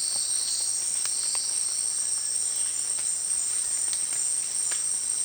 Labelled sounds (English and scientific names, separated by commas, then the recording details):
none
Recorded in dense forest near Puerto Asís, Putumayo, Colombia, on 27 June 2025 at 18:00
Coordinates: 0.468, -76.322
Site GP03